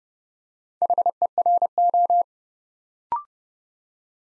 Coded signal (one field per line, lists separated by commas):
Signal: Morse code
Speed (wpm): 30 wpm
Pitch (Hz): 700 Hz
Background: none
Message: HERO